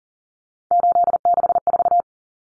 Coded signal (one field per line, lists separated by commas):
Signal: Morse code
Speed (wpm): 40 wpm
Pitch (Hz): 700 Hz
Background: none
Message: 864